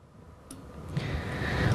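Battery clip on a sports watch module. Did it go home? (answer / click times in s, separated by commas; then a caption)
released / 0.5 s. The battery clip on the back of a Texas Instruments eZ430-Chronos sports watch module, a small plastic/metal clip, is opened before the coin cell is inserted. A short, sharp tick at 0.5 s marks the clip releasing open, followed by a louder, longer rustling noise from about 1.0 s to the end.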